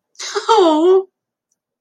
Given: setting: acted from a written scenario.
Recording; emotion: vocal sound without words; adoration